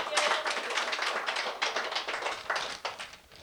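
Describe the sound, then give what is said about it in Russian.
An audience at a bard song concert claps steadily for several seconds after a song premiere, a dense, crackling wash of many hands with a few louder bursts, fading slightly toward the end. “Спасибо за аплодисменты.”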